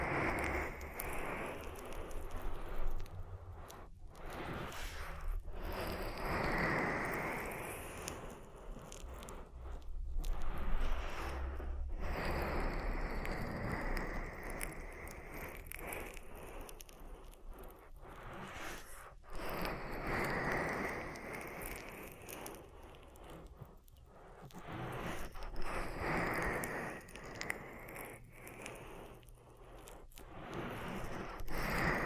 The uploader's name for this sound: ASMR Oil Ear Massage